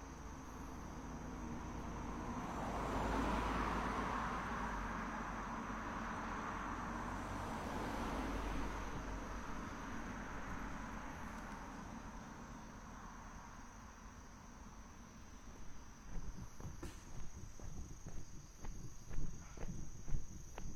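A walk on a cloudy day, with a steady rushing hum underneath and a thin, constant high whine like insects. Traffic swells past in the first half, then from about sixteen seconds sharper, irregular footstep-like taps and knocks become frequent.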